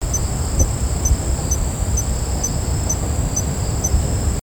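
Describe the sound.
Kanetataki cricket song: tiny, high, bell-like ticks repeated steadily about twice a second over a constant high whine and low rumbling background noise.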